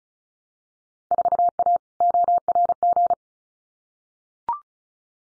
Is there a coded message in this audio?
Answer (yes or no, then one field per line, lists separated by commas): yes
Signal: Morse code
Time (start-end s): 1.1-3.1 s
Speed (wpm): 36 wpm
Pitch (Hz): 700 Hz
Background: none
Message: 4A ORG